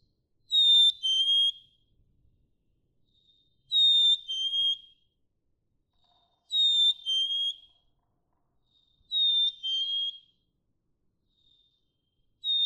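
Black-capped chickadee whistling two-note phrases, first note higher, repeated steadily about every three seconds.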